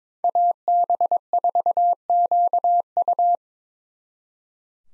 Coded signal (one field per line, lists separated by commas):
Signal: Morse code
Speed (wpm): 26 wpm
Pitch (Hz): 700 Hz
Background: none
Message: AB4QU